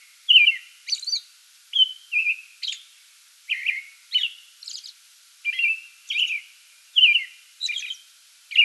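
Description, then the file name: American robin song of clear slurred whistled phrases mixed with higher squeaky notes, rhythm somewhat uneven. Pre-dawn song bout, recorded 8 May 2022. "2022-05-08 American Robin pre-dawn song bout"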